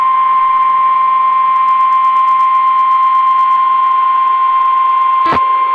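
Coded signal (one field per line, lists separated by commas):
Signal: Emergency Alert System (SAME) tones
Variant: 1050 Hz attention tone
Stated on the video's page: Required Weekly Test received on NOAA Weather Radio from the Daytona Beach transmitter.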